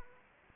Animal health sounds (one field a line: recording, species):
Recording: mosquito wingbeat signal from an infrared sensor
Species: Anopheles arabiensis